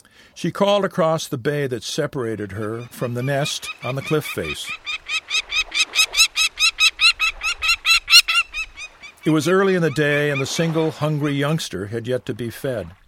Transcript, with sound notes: She called across the bay that separated her from the nest on the cliff face. [Call of Peregrine mother across a distance] It was early in the day, and the single hungry youngster had yet to be fed.